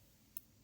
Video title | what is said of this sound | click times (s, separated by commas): Nintendo DS Lite Broken Hinge Repair FIX | When it's wide open, I hear a click. | 0.4 s